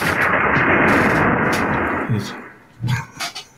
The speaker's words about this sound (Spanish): Sí, es que le doy la orden y digo, truenos, y hace...